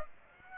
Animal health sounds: mosquito wingbeat signal from an infrared sensor; Aedes aegypti

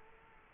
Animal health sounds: mosquito wingbeat signal from an infrared sensor; Culex quinquefasciatus

